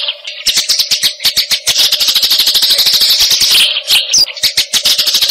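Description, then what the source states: Eurasian tree sparrow starts after a short quiet moment, then pours out a long rapid chattering series of chirps over a steady hum. Masteran recording, used as a training song for fighting sparrows (gereja tarung).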